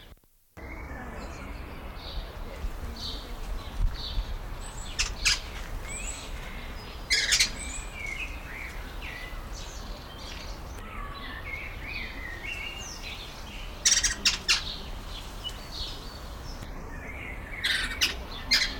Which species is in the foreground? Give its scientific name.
Garrulax galbanus